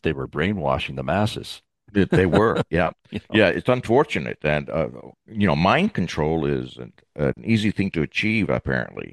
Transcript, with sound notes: They were brainwashing the masses.
They were.
(laughs)
Yeah. Yeah, it's unfortunate and, uh, you know, mind control is an, uh, an easy thing to achieve, apparently.